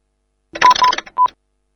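Three quick telephone keypad tones beep in a short sequence, the first two close together and the third after a brief gap, set against a dense, buzzy burst of sound.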